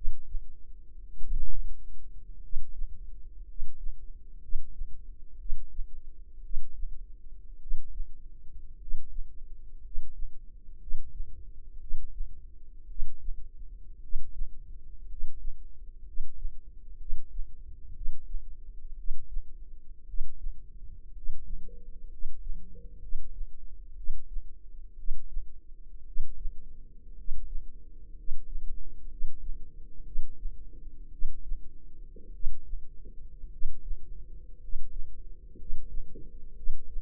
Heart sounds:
heart sounds by microphone in the left ear; 58 bpm
1.16 s: heartbeat
2.39 s: heartbeat
3.43 s: heartbeat
4.38 s: heartbeat
5.36 s: heartbeat
6.40 s: heartbeat
7.57 s: heartbeat
8.76 s: heartbeat
9.79 s: heartbeat
10.77 s: heartbeat
11.77 s: heartbeat
12.85 s: heartbeat
13.98 s: heartbeat
15.05 s: heartbeat
16.02 s: heartbeat
16.96 s: heartbeat
17.91 s: heartbeat
18.94 s: heartbeat
20.04 s: heartbeat
21.11 s: heartbeat
22.07 s: heartbeat
22.98 s: heartbeat
23.93 s: heartbeat
24.94 s: heartbeat
26.03 s: heartbeat
27.13 s: heartbeat
28.13 s: heartbeat
29.06 s: heartbeat
30.02 s: heartbeat
31.09 s: heartbeat
32.30 s: heartbeat
33.48 s: heartbeat
34.57 s: heartbeat
35.55 s: heartbeat
36.53 s: heartbeat
From the record:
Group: healthy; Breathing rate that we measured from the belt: 10 breaths a minute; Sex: male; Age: 25 years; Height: 170 cm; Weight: 70.4 kg

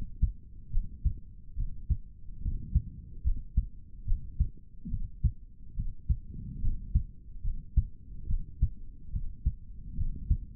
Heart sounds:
heart sounds by stethoscope; 71 bpm
0.70 s: heartbeat
1.55 s: heartbeat
2.40 s: heartbeat
3.23 s: heartbeat
4.05 s: heartbeat
4.89 s: heartbeat
5.74 s: heartbeat
6.60 s: heartbeat
7.43 s: heartbeat
8.26 s: heartbeat
9.10 s: heartbeat
9.95 s: heartbeat
From the record:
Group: healthy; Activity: rest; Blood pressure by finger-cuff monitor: 105/68 mmHg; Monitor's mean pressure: 80 mmHg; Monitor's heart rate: 71 bpm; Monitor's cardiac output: 3.7 L/min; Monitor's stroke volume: 52 mL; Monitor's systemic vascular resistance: 1560 dyn s/cm5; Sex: male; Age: 55 years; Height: 167 cm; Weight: 57.2 kg

